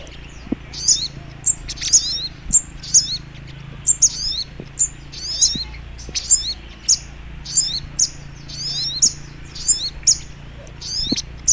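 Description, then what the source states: Little Spiderhunter giving a lively series of high twittering notes and sharp clicks, regularly repeated, over a faint low hum and hiss. Masteran training recording, labelled Labaik.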